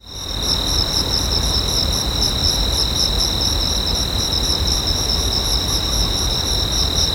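Cricket calls rise in at the start, then continue as an unbroken high shrill trill with quick regular pulsing, a constant piercing tone, and a low rumble beneath.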